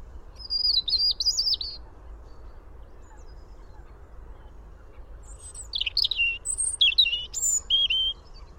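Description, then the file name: European robin, a thin wavering whistle early on, then after a pause a longer run of high, sliding, twittering notes over a low rumble. "Erithacus rubecula"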